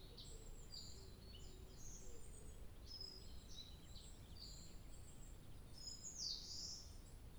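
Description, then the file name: Birds sing high chirping and warbling phrases throughout, one brighter, louder phrase near the end, over a constant low background hum. 2 July 2023. "birdsong 20230702"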